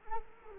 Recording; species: mosquito wingbeat signal from an infrared sensor; Culex quinquefasciatus